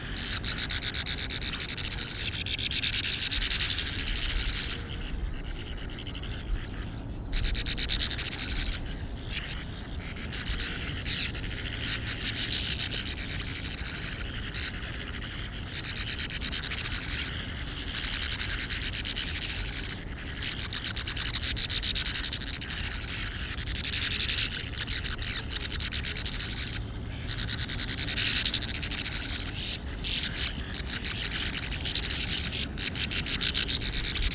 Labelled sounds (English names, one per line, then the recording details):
Sand Martin call
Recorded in the wild
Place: Gager, Insel Rügen, Mecklenburg-Vorpommern, DE
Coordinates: 54.31, 13.68
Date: 1970-06-06
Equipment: Nagra III BH, Sennheiser MD 21, parabola
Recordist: Schubert, Michael